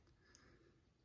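On a 2021–2026 Toyota Sienna, the plastic fuse box cover in the engine bay is lined up on its 3 clips and pressed down onto the fuse box. A single sharp click is heard at 0.4 s as the clips snap home, and the cover is seated.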